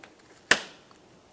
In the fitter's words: Listen for a click, make sure that's secure.